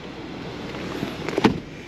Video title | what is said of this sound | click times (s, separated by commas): 2024 Audi Q8 (55 Premium Plus) - Full Features Review | pull that Tab and they will click into place and uh fold flat with the cargo floor so that's pretty nice | 1.3 s, 1.4 s